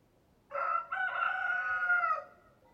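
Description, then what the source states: Chicken crow: rooster crowing once, a clipped first syllable then a steady, buzzy, drawn-out note ending abruptly. Rooster (adult male).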